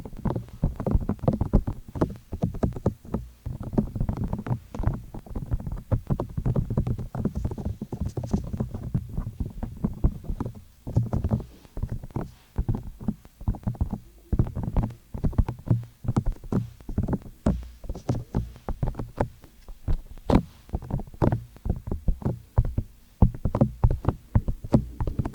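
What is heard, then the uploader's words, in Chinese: Ear cleaning with a fluffy bonten and massage: a dense, continuous run of soft rubbing and rapid thumping taps, heavy in the low end with crisp clicks on top. The rhythm is fast and uneven, with brief lulls near 10 and 20 seconds. 梵天掏耳和按摩。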